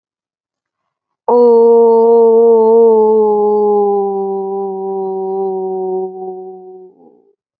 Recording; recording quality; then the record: sustained vowel as in boot; excellent, no background noise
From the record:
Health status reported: respiratory illness, not identified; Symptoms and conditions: asthma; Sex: female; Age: 23 years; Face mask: not worn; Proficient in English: yes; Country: India